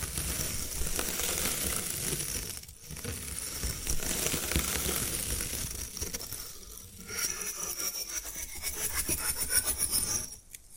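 Bamboo being scratched and brushed in a dense, continuous scraping with rapid strokes that carry a bright, hissy edge. Brief pauses near 3, 7 and 10.5 seconds break the rubbing, and scattered small clicks run through it.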